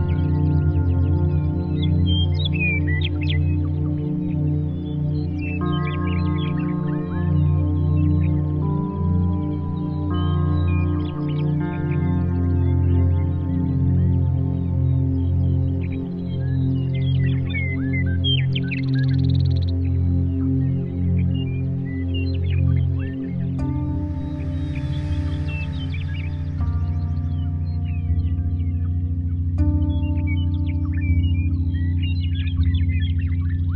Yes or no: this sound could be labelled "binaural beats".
yes